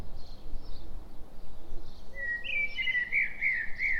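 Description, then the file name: Common blackbird song, a single fluty warbled phrase starting midway and sliding into squeaky higher notes, over steady low rumbling background noise. "Turdus merula"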